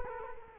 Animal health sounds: mosquito wingbeat signal from an infrared sensor; Culex quinquefasciatus

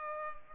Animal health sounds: mosquito wingbeat signal from an infrared sensor; Culex pipiens

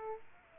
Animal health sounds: mosquito wingbeat signal from an infrared sensor; Aedes aegypti

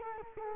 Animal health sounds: mosquito wingbeat signal from an infrared sensor; Culex quinquefasciatus

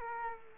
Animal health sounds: mosquito wingbeat signal from an infrared sensor; Culex quinquefasciatus

